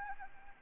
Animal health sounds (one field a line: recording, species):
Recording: mosquito wingbeat signal from an infrared sensor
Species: Anopheles arabiensis